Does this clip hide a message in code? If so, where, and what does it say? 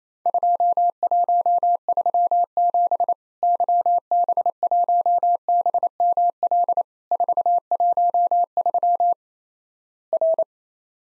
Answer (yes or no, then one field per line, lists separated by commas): yes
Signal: Morse code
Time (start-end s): 0.3-10.4 s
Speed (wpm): 28 wpm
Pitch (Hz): 700 Hz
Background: none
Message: 2137 YB1BML 413 R